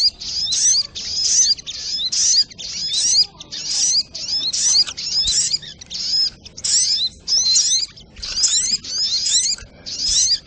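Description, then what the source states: Little Spiderhunter singing a run of high, squeaky twittered phrases in quick bursts with brief pauses between. Masteran (training recording) of the Sogok Ontong, labaik.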